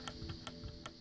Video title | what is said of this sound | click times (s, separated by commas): Basic multimeter usage. Test your meter before using | can hear it lock in that helps you when you're testing AC voltage on a bare wire all right | 0.1 s, 0.5 s, 0.9 s